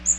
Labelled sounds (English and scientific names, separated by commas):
Magnolia Warbler (Setophaga magnolia) flight call